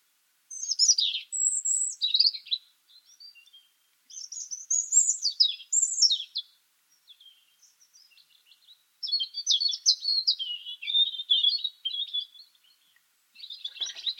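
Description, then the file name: European robin singing a series of varied phrases: sharp high whistles, fluttering warbles and faint twitters, with short silences between them over fourteen seconds. "Erithacus rubecula"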